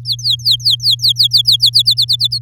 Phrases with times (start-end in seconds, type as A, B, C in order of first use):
0.05-1.82 A, 1.85-2.39 B